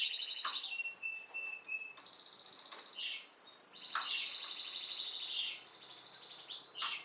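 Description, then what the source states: Canary song, softer, with thin whistled notes, a high buzzy trill and a long steady trill, set against faint background hiss. Male Belgian canary named Raiden singing a great deal; meant for warming up young birds and Belgian canaries.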